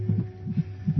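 Rapid, regular paired low thumps: a normal baby's heartbeat with a steady rhythm.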